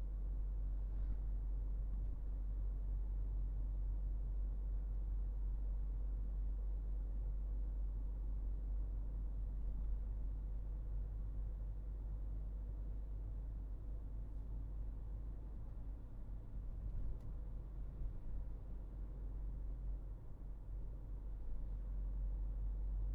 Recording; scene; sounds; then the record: everyday scene through a hearing-aid microphone; in a vehicle; engine, highway driving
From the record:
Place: Berlingo II, diesel engine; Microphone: behind the ear, right, front